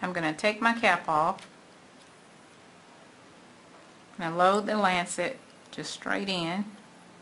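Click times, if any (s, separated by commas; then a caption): none. A lancet is being loaded straight into a third blood glucose lancing device after the device's cap is taken off. Someone talks in two bursts, with quiet handling noise between them. The lancet has not seated or clicked into the device yet.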